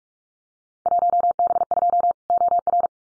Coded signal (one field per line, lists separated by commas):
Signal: Morse code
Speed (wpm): 46 wpm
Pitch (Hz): 700 Hz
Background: none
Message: 1B2 OR